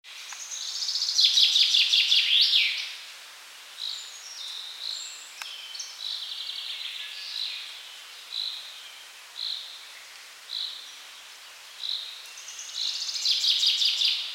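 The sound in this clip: Common chaffinch delivering a rattling trill, then a spaced run of short chirps and varied notes, before another full trill phrase near the end.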